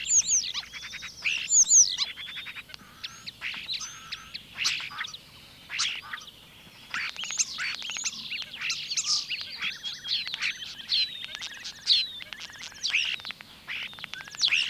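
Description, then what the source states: Common Starling pouring out a long, dense medley of whistles, rattles, clicks and squeaky mimicked phrases, with a few short lulls. One of the first spring migrants; an excellent mimic of other birds' songs and of other sounds from its surroundings.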